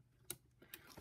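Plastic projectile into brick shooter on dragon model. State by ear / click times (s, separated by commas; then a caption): seated / 0.3 s. A plastic projectile is pushed back into the brick shooter on a Lego Ninjago Dragons Rising 71836 Arc Dragon of Focus model until it latches. A sharp click sounds at 0.3 s, followed by fainter ticks around 0.7 s and 0.9 to 1.1 s. The projectile is seated.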